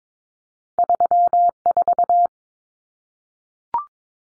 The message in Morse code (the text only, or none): 34